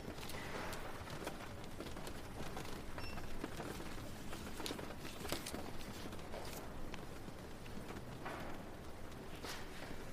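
Rain on a cozy library on a rainy day: a steady, dense wash of rainfall with a low rumbling undertone throughout. Brief bright ticks and taps scatter across it, sharper around five and eight seconds, with a short thin tone near three seconds.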